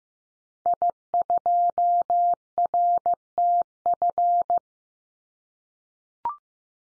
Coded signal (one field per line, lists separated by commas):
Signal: Morse code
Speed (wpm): 15 wpm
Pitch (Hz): 700 Hz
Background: none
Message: I2RTF